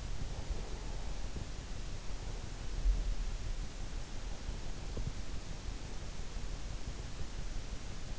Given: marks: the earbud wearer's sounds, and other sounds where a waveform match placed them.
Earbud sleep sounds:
sounds in sleep by an in-ear microphone; breath
0.29-1.48 s: breath

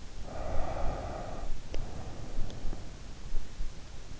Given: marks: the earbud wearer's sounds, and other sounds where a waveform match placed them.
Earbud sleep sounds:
sounds in sleep by an in-ear microphone; breath, teeth grinding
0.25-3.01 s: breath
1.69-2.81 s: teeth grinding

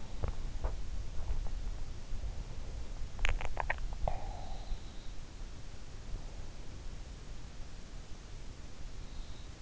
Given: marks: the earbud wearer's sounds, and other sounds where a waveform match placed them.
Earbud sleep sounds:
sounds in sleep by an in-ear microphone; teeth grinding, swallowing
0.00-0.84 s: teeth grinding
3.15-4.63 s: swallowing

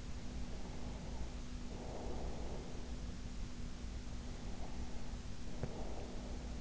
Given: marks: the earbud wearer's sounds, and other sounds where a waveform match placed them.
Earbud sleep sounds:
sounds in sleep by an in-ear microphone; breath
0.27-2.87 s: breath
4.04-6.50 s: breath

